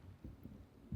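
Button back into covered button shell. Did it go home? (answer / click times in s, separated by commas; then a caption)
no / none. A metal back is pressed hard onto a fabric-covered button shell in a button mould using the kit's push tool. Only low, dull thumps and rumbling handling noise are heard, with the loudest burst right at the end. The back has not snapped into place yet; nothing has seated or clicked.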